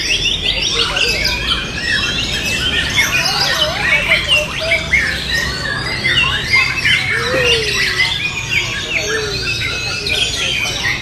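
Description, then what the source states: White-rumped shama pouring out a varied song of clear, slurred whistles, rising and falling notes and quick trills, over a faint steady low hum. Wild bird's natural song recorded in forest.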